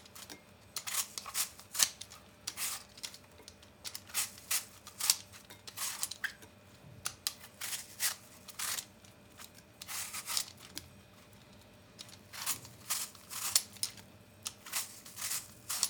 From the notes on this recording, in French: Ça épluche, ça coupe, ça mijote, ça touille